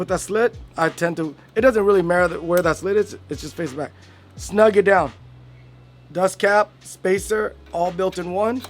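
Someone talks while handling the combined dust cap and spacer of a semi-integrated BMX headset, which is to be pressed down onto the headset over the compression cone. The clip is mostly speech with quiet low hum between phrases. Nothing has seated or clicked yet.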